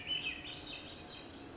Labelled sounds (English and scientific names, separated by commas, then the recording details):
Swainson's Thrush (Catharus ustulatus)
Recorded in Sonoma County, California